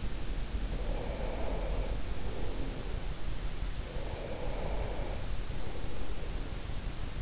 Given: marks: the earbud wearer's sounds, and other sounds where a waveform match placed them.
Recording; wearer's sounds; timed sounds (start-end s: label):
sounds in sleep by an in-ear microphone; breath
0.33-3.30 s: breath
3.82-6.66 s: breath